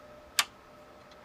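A graphics card is pushed with some pressure into the motherboard's PCI Express slot. A single sharp click at 0.4 s stands out against a quiet, steady hum. The slot's retention latch clicks and the card is seated.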